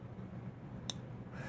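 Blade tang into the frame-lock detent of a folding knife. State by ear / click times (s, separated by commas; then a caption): seated / 0.9 s. The blade tang of a titanium-handled Spyderco Slysz Bowie folding knife is cycled into the frame-lock detent, giving one sharp, bright click at 0.9 s over a steady low background hum. The detent seats cleanly with no detent lash.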